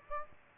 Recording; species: mosquito wingbeat signal from an infrared sensor; Aedes aegypti